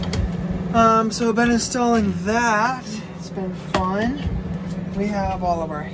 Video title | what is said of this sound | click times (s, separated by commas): VAN BUILD in 47 DAYS! -- Start to Finish -- TINY HOME ON WHEELS | latching like that | 0.0 s, 0.1 s